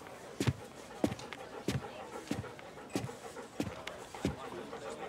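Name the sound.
dog panting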